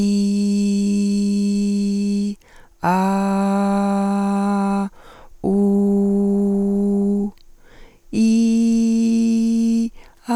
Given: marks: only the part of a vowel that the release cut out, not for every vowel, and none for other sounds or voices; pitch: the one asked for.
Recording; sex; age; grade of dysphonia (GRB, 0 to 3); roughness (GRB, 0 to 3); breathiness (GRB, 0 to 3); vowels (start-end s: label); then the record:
sustained vowels; female; 30 to 39 years; 0; 0; 0
0.00-2.13 s: vowel /i/, normal pitch
3.05-4.68 s: vowel /a/, normal pitch
5.57-7.15 s: vowel /u/, normal pitch
8.56-9.71 s: vowel /i/, high pitch
From the record:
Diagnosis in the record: healthy voice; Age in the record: 38 years